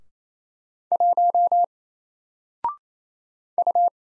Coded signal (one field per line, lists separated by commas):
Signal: Morse code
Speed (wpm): 27 wpm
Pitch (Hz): 700 Hz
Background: none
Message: 1 U